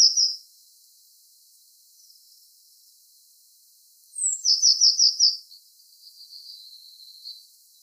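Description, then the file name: Eurasian blue tit call: a brief high note at the start, then a sliding note and quick buzzy trill midway, with a faint lower trill afterwards. "Cyanistes caeruleus"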